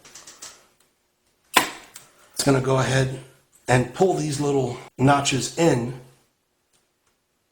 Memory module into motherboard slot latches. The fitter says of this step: and locked into place they locked into place